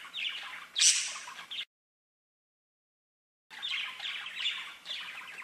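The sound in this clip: Budgerigar chattering warble in two bursts separated by a silent gap, the first with a sharp squawk.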